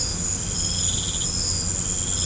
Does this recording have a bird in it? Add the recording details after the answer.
no. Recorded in pastures near Puerto Asís, Putumayo, Colombia, on 16 December 2024 at 20:00. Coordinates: 0.505, -76.324. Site G063